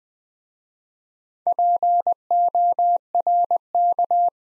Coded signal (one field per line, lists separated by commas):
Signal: Morse code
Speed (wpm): 20 wpm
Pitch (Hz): 700 Hz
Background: none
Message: PORK